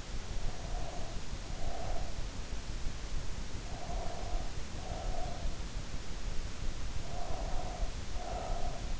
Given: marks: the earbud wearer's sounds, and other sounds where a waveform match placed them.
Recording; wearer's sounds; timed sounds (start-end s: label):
sounds in sleep by an in-ear microphone; breath
0.40-2.28 s: breath
3.60-5.64 s: breath
6.99-9.00 s: breath